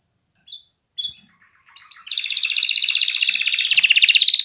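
Canary song: a few scattered chirps, then a long, fast buzzy trill of rapidly repeated high notes that holds steady and rises slightly at the end.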